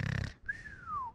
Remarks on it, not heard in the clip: When I vibrate my nasal area, it's like a higher pitch, more like a pig sound. So you have superficial snorers. My nose is vibrating.